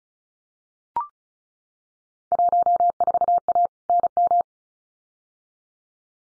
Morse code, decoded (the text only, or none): 14A NM